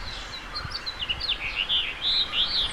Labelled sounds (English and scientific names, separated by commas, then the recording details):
House Finch (Haemorhous mexicanus) song
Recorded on Long Island, New York, on 29 May 2011
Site HU
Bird A